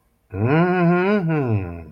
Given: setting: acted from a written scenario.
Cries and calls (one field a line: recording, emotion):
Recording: vocal sound without words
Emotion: desire